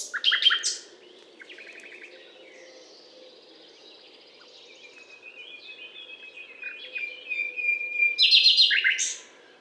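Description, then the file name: Common nightingale song opening with a harsh burst, then soft buzzy notes and a long rising crescendo of repeated whistles ending in a loud rattle. Recorded on a limestone butte in France, on 19 May 2012. "rossignol philomele Butte calcaire de Gratacap"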